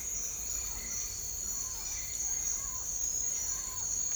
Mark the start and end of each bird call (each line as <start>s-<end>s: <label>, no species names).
1.39s-3.88s: bird call